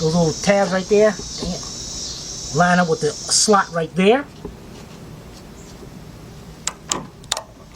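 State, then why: Seated. Someone talks while lining up the tabs of a second fuel line's plastic quick-connector with the slot on the fuel pump module fitting of a Chevy LUV, Honda Passport or Isuzu Rodeo during a fuel pump replacement. The line is then pushed onto the fitting, and sharp snaps are heard at 6.7 s and 7.3 s as the connector locks into place and is fully seated.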